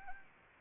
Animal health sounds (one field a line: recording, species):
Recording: mosquito wingbeat signal from an infrared sensor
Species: Anopheles arabiensis